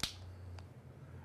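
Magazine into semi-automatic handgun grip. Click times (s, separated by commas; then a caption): 0.0 s. A loaded magazine is pushed into the grip of a semi-automatic handgun until the catch locks it, giving a sharp, moderately loud click at 0.0 s, followed by a faint tick at about 0.6 s over a steady low hum. The magazine is seated, confirmed because it can't be pulled back out.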